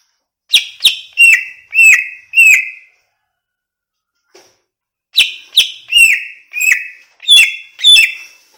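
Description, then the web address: Greater green leafbird singing two phrases of loud, clear downslurred whistles, separated by a pause of about two seconds. Song of a greater green leafbird from Banyuwangi, described as gacor, meaning singing loudly and continuously. "cucak ijo banyuwangi"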